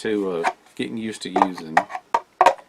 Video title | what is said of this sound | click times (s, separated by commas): Macca Machete, Silky Kydex And Other Gear | and it just pops right in just like that it holds them in | 2.2 s, 2.4 s